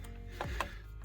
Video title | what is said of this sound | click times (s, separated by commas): CVF Titan V2 F150 EcoBoost Intercooler, Cold Air Intake, and Charge Piping Install Guide | And just push it all the way in until it snaps. | 0.4 s, 0.6 s